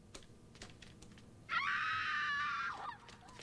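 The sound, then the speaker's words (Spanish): A single loud, high-pitched scream sound effect rises sharply, holds for over a second, then cuts off, with soft keyboard typing clicks tapping before and after it. “¿Qué tal unos gritos? Dame unos gritos, por favor.”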